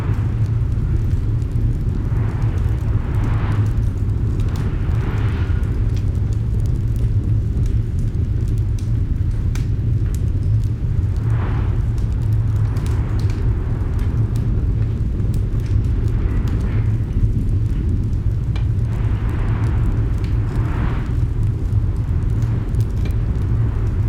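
A roaring fire crackles over a deep, constant low rumble, with sharp pops scattered throughout. Distant wind rises and falls in moaning gusts every few seconds, swelling around 2, 5, 11, 17 and 20 seconds, while the overall level stays steady.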